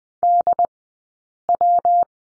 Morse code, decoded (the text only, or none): D W